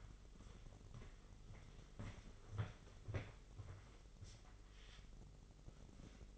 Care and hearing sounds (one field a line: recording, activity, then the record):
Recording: daily activity, microphone in the room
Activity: walk to room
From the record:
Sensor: 4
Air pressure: 996.4 hPa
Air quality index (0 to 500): 68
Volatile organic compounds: 2 ppm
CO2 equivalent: 1234 ppm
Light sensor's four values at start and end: 19/51/20/21 and 16/45/17/19